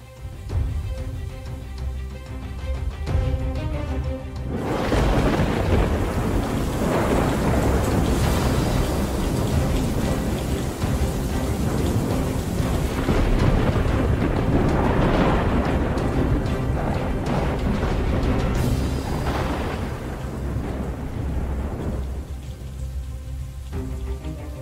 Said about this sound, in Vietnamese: Trên bầu trời, mưa gió sấm sét vẫn cứ đùng đoàng đáng sợ.